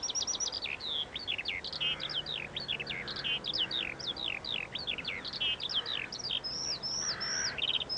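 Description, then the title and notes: Eurasian skylark song, rapid high trilled notes and sweeping whistles tumbling on continuously, with a few lower harsh calls underneath. Singing while descending on a late summer evening over the Eggardon Hill hillfort, Dorset, while rooks chatter. "Eggardon Hill, Dorset. A Skylark sings and descends. Recorded by Ezra Gray"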